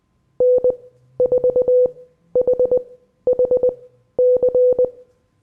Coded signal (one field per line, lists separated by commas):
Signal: Morse code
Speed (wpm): 20 wpm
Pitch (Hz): 500 Hz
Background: none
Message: N4HHC